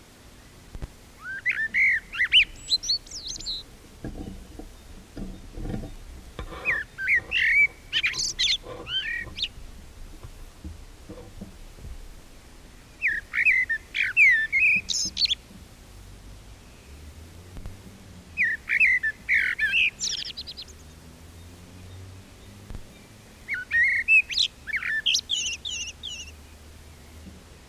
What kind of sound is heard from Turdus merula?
song